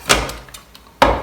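A juicer attachment is fitted into the attachment outlet of a Kenwood Major Premier KMM770 stand mixer and locked in place. A sharp knock is heard at 0.1 s, then faint taps, and a loud sharp impact at 1.0 s marks the attachment locking securely onto the outlet, followed by another knock near the end.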